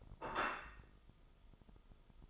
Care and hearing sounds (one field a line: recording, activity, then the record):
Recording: daily activity, microphone in the room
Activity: place plate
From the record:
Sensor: 5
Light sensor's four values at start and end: 24/58/22/21 and 24/58/22/21